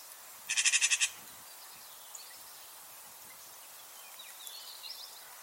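Bird gives one quick burst of loud, rapidly repeated high pulses near the start; afterwards only low hiss and scattered faint chirps.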